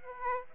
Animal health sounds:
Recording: mosquito wingbeat signal from an infrared sensor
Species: Aedes aegypti

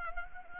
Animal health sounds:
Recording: mosquito wingbeat signal from an infrared sensor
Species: Anopheles gambiae

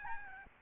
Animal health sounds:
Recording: mosquito wingbeat signal from an infrared sensor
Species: Aedes albopictus

